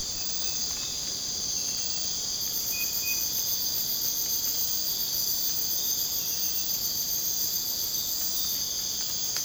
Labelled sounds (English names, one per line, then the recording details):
none
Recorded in secondary vegetation near Puerto Asís, Putumayo, Colombia, on 27 June 2025 at 03:00
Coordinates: 0.484, -76.319
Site G074